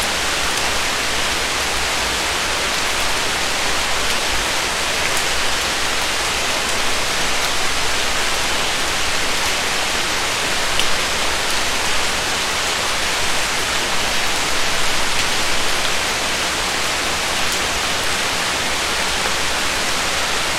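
Light rain falls in a forest at night, a steady, dense hiss that stays bright and even from start to finish. Fine pattering fills the whole clip with no distinct drops standing out, over a faint low rumble underneath.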